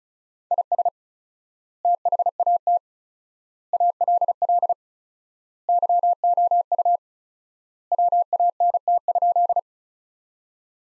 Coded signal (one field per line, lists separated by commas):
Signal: Morse code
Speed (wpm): 34 wpm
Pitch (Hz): 700 Hz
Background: none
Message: IS THAT ALL YOU WANT?